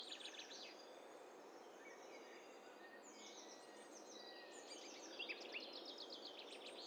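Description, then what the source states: Several birds singing at once: fast repeated high trills and chirps overlap, with a few short whistles and a steady hiss of background noise. A mixture of several birds calling together.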